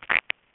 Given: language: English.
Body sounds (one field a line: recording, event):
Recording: throat vibration sensor signal played as sound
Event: swallow